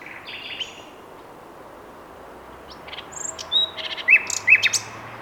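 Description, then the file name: Common nightingale song phrase, quiet at first with scattered high whistles and chips, then a few louder repeated slurred notes near the end over a soft background hiss. "Luscinia megarhynchos"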